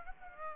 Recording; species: mosquito wingbeat signal from an infrared sensor; Aedes aegypti